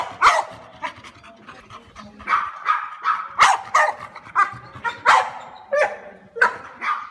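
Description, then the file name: French Bulldog giving a rapid series of sharp barks. "Tieng cho Bully phap sua"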